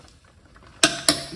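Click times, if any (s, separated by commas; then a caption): 0.8 s. A torque wrench set to 27 ft-lb tightens a plug on the automatic transmission of a 2015 Mazda CX-5. After a near-silent stretch with faint creaks, a sharp, bright click at 0.8 s shows the wrench has reached its setting, and a second similar click follows at 1.1 s. The plug is torqued to spec.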